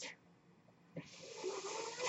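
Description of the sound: A short rush of air, a pause, then a longer swelling hiss: a home mechanical ventilator delivering a breath to the person who uses it.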